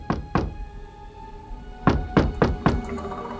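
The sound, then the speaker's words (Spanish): Someone knocks on a wooden door: two sharp raps, a short pause, then four more evenly spaced knocks, each a solid, hollow thump with no voices. “A veces ocurría que alguien llamaba a la puerta.”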